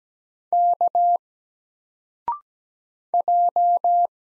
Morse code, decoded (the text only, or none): K J